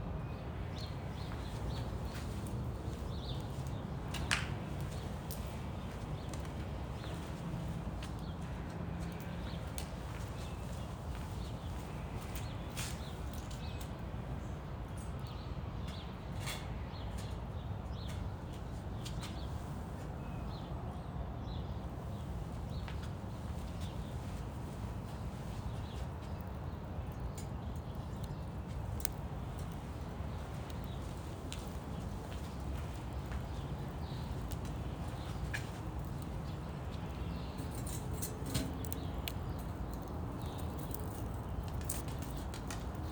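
A small fire burns steadily at sunrise, with a constant low rumble and soft crackle filling the bottom end. Brief sharp pops and snaps flicker through irregularly, a few stronger ones near 4, 16 and 38 seconds, while faint bird calls sit.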